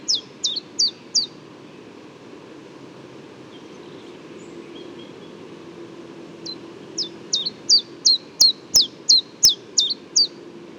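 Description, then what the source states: Common chiffchaff song: a short burst of high chip notes, a pause with faint sounds, then a longer even series of repeated chips, with a few sharp clicks. Newly arrived migrant, not yet paired with a female, so its song is more elaborate; Bois de Vincennes, 6 April 2018.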